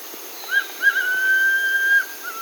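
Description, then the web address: Striolated puffbird call: a sustained plaintive whistle held on one pitch for over a second, with a brief lower note after it and soft background hiss. Recorded in Peru, Amazon region. "Birds of the Amazon. Striolated Puffbird (Nystalus striolatus), Peru"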